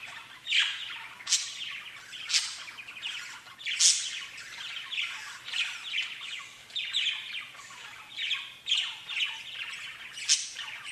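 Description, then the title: Budgerigar twittering, a steady run of buzzy warbles punctuated by loud sharp chirps at irregular intervals. "Budgie Sounds"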